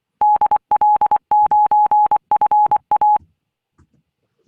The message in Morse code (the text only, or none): DL9FA